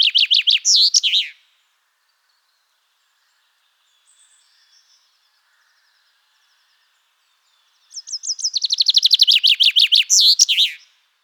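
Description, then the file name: Common chaffinch song: a fast, descending trill of sharp notes ending in a flourish, heard once at the start and again after a long quiet gap. "Fringilla coelebs"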